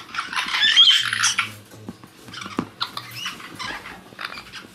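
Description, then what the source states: White-bellied caique chick producing a noisy screechy burst followed by softer broken chattering notes and light tapping sounds. Chick in a playful, excited mood.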